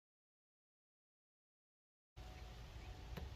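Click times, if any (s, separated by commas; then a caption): 3.2 s. A rubber coolant/water hose is pushed back onto a barbed nipple on a 1988 5.7L Mercruiser inboard boat engine during winterization. After about two seconds of silence, steady low background noise begins, and a small sharp click sounds at 3.2 s as the hose drops into the groove the nipple has worn into it. The click shows the hose is seated in place.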